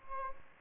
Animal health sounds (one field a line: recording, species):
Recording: mosquito wingbeat signal from an infrared sensor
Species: Aedes aegypti